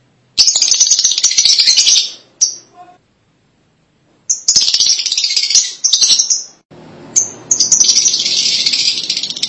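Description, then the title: Lovebird chatter: three extended bouts of shrill, buzzy rapid chattering separated by pauses, with a few clipped chirps. "BM Suara Burung Lovebird"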